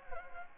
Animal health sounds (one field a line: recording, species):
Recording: mosquito wingbeat signal from an infrared sensor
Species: Anopheles gambiae